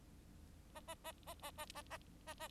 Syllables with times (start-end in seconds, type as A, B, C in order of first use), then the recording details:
0.75-0.80 A, 0.88-0.94 A, 1.04-1.12 A, 1.27-1.34 A, 1.42-1.51 A, 1.57-1.65 A, 1.75-1.82 A, 1.90-1.97 A, 2.27-2.34 A, 2.40-2.48 A. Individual Bird4